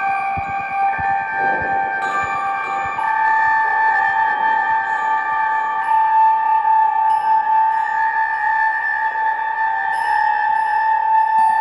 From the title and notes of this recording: A four-unit cycle of function generators all triggering each other in a circle(and playing sounds to go with them). The specific samples are some bronze bells and a Bao gong. There are oscillators running in this, but they mostly appear in the form of weird and intermittent noises.